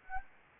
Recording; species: mosquito wingbeat signal from an infrared sensor; Anopheles gambiae